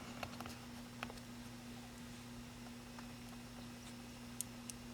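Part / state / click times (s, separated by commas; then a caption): SIM card into phone card slot / seated / 4.4 s. A SIM card is pushed back into its spring-loaded slot in a Galaxy S4 phone during a vibrator replacement, with faint small ticks and taps over a steady low hum. It clicks into place at 4.4 s, the sharpest transient in the clip, followed by a lighter tick at 4.7 s, and the card is seated.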